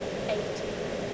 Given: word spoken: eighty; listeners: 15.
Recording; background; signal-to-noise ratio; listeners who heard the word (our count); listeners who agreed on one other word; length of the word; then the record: one English word in noise, from a listening test; speech-shaped noise; -5.3 dB; 2 of 15; 6 of 15; 0.74 s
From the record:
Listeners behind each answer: 6, 4, 2, 2, 1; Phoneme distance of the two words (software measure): 7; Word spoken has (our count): 2 syllables, 3 phonemes, stress on syllable 1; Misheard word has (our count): 1 syllable, 2 phonemes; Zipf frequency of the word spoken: 2.78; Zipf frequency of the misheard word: 5.22